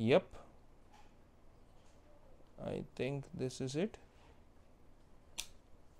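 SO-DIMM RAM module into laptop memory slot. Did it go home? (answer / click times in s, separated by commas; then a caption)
yes / 5.4 s. A G.Skill Ripjaws 32GB SO-DIMM memory module is pressed down into the memory slot on the motherboard of an Asus ROG Strix G15 Advantage Edition laptop. Someone talks, then a short, sharp click sounds at 5.4 s as the side retention clips snap over the module, and it is seated.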